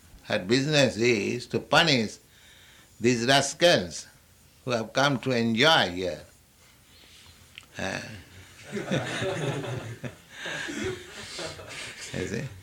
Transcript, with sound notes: Her business is to punish these rascals who have come to enjoy here. [laughter] You see?